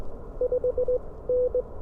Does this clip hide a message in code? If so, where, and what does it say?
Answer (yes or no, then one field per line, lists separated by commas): yes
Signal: Morse code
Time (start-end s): 0.4-1.6 s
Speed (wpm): 19 wpm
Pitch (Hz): 500 Hz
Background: none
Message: 5N